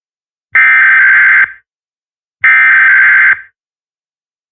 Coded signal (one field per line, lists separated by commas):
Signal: Emergency Alert System (SAME) tones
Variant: header bursts